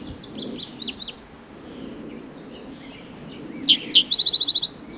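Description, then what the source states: Spotted Towhee song: two emphatic falling notes, then a fast buzzy trill, after a few earlier high chirps. Individual number one, recorded in Rhodes Canyon, Utah County, Utah, June 22, 2010.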